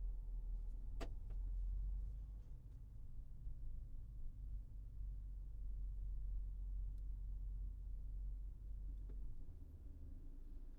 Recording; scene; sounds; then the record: everyday scene through a hearing-aid microphone; in a vehicle; engine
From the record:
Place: Berlingo II, diesel engine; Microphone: behind the ear, right, front